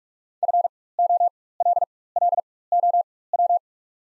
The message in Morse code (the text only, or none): FOLLOW